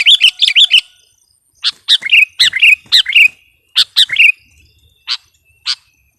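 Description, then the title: Sooty-headed bulbul song with rolling, gurgling chirps in quick bursts, then spaced single notes toward the end. "kutilang"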